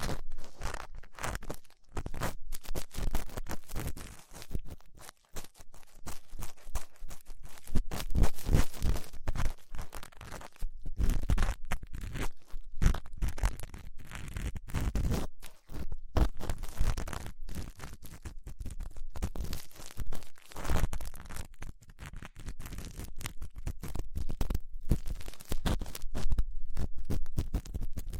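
Ear cleaning sounds with latex gloves, a dental pick and cotton swabs: a dense, continuous stream of scraping, scratching and crinkling that never settles. Short rubs and taps follow each other rapidly, with brief gaps near 2, 5 and 15 seconds and fuller, heavier rubbing around 8 to 12 seconds.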